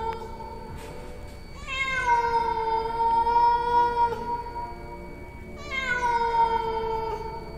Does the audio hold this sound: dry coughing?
no